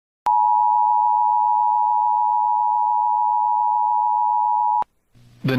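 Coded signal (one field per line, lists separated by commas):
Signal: Emergency Alert System (SAME) tones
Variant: 853 and 960 Hz attention tone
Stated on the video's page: EAS Severe Thunderstorm Warning for Laredo, Texas, with valid EAS tones captured from three FM stations.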